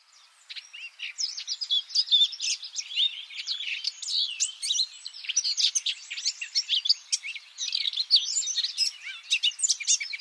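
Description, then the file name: Eurasian blackcap pouring out a sustained, scratchy warble of chirps, twitters and brief whistled notes, steady in pace with almost no breaks. "Sylvia atricapilla"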